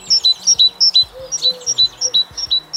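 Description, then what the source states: Great tit song: high two-note phrases alternating between a higher and a lower pitch, repeated rapidly and rhythmically. Described as a beautiful bird with a green back and yellow breast, with a magnificent song.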